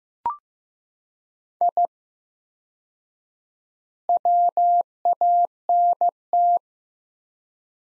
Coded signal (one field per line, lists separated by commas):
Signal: Morse code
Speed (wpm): 15 wpm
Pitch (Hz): 700 Hz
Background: none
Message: I WANT